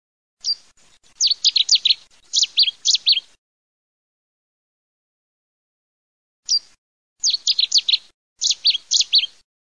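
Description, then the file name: Cetti's warbler song: sudden loud bursts of sharp, explosive high notes in short phrases, a long silence, then two more emphatic phrases; nothing else audible. "USIGNOLODIFIUME"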